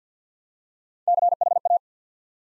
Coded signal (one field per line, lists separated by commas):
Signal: Morse code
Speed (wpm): 50 wpm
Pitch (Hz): 700 Hz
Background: none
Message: CHA